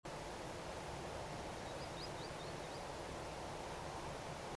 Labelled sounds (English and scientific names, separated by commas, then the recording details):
Green Sandpiper (Tringa ochropus)
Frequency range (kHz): Green Sandpiper (Tringa ochropus) 3.2-5.2 kHz
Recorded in France